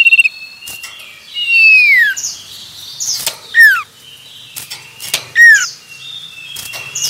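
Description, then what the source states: Common iora song: a brief high whistle, then a long downward-sliding whistle and two short falling notes, with sparse chirps in between. Male.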